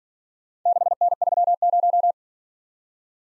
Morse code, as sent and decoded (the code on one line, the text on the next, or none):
-.... -. ...-- -----
6N30